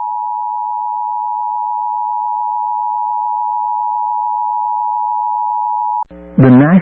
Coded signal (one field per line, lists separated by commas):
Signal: Emergency Alert System (SAME) tones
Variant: 853 and 960 Hz attention tone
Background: speech